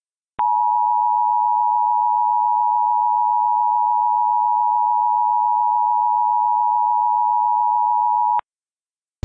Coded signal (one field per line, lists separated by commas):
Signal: Emergency Alert System (SAME) tones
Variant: 853 and 960 Hz attention tone